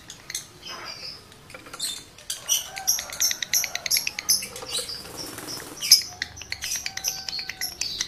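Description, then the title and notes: Lovebird song: a steady stream of quick metallic clicks and thin squeaky notes, with a few louder shrill peaks throughout. Male lovebird in breeding condition; its call is used to stimulate other lovebirds to sing. "Birahi Lovebird Jantan ke Gacor. Pancingan Suara Lovebird jantan birahi"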